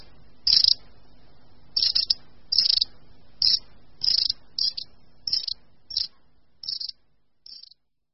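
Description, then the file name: Long-tailed tit calls: short high rattling bursts, about ten in a row at uneven intervals, with little else audible. "Mlynařík-dlouhoocasý"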